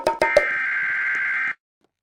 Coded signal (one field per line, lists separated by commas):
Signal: Emergency Alert System (SAME) tones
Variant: header bursts